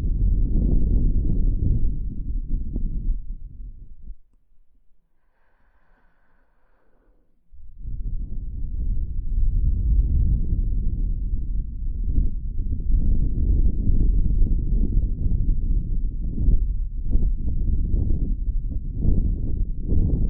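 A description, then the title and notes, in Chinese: Wind blows past the ear in deep, rough gusts, dropping to near silence with a faint high tone from about four to seven seconds. 有风吹过你的耳边。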